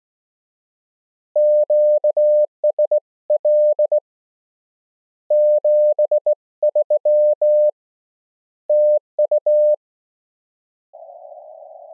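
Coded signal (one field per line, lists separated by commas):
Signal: Morse code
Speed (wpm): 19 wpm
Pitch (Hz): 600 Hz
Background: none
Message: QSL 73 TU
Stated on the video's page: Simulated CW QSO made by an iPhone app using a touch keyer.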